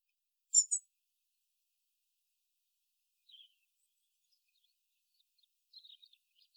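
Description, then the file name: European robin call: one sharp, high double note at the start, followed by faint, soft twittering sounds later. "Erithacus rubecula"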